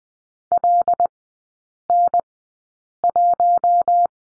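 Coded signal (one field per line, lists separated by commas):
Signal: Morse code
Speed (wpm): 20 wpm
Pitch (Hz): 700 Hz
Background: none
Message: LN1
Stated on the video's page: Morse course lesson on three-character groups with the number 5, Farnsworth speed 20/10 wpm.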